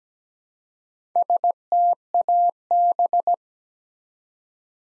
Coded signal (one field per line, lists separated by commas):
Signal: Morse code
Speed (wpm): 17 wpm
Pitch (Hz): 700 Hz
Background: none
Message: STAB